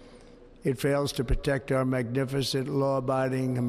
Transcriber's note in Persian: none